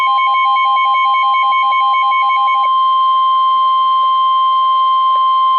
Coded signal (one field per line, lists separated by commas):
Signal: Emergency Alert System (SAME) tones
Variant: 1050 Hz attention tone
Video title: NOAA WX: Flash Flood Warning 8/20/23 (EAS #219)